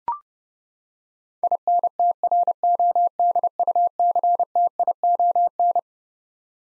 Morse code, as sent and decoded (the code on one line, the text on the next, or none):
.. -. - .-. --- -.. ..- -.-. - .. --- -.
INTRODUCTION